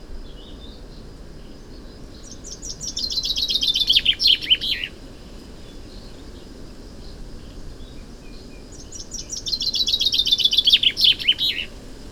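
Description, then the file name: Common chaffinch song twice: a cheerful run of descending trilled notes closing with an emphatic flourish, separated by several quiet seconds. "Fringilla coelebs"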